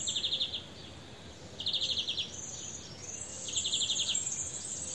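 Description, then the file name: European greenfinch calls: three quick rattling trills with pauses between them, over a continuous high-pitched hiss. "Chloris chloris"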